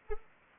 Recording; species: mosquito wingbeat signal from an infrared sensor; Anopheles arabiensis